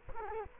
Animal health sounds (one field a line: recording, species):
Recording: mosquito wingbeat signal from an infrared sensor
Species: Culex quinquefasciatus